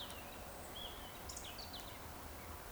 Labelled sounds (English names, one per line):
Eurasian Woodcock whistle